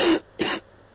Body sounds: coughing mixed with background sound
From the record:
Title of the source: 60 coughing still (deep and wet cough)

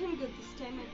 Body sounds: background sound without coughing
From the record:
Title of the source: BackgroundMusic

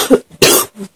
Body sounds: coughing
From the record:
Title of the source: 30 Chesty and wet cough

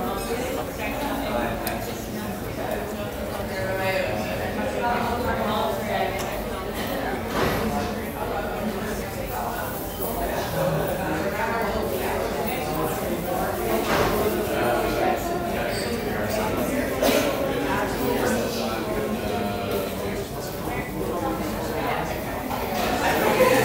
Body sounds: background sound without coughing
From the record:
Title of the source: 40 min - Ambience sounds UNIVERSITY lunchroom chatting

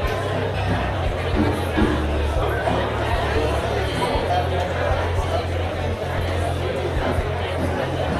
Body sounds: background sound without coughing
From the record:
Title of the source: CITY SOUNDS Busy Bar in the Evening Night - 2 HOURS of Ambiance for Relaxation

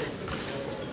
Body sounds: coughing mixed with background sound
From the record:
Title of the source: 55 gaggy wet cough

